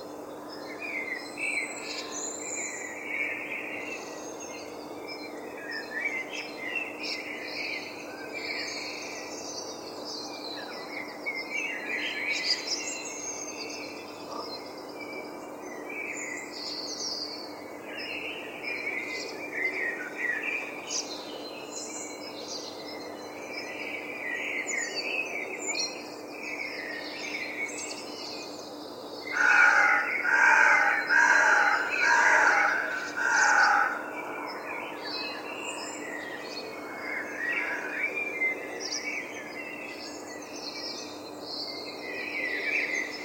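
Many birds sing at once in a steady dawn chorus, with a louder burst of bright trilling calls around thirty seconds over a low hum.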